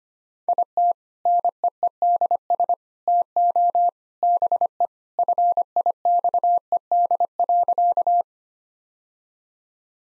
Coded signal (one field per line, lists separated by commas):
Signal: Morse code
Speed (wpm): 25 wpm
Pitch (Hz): 700 Hz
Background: none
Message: IT NEEDS TO BE FIXED.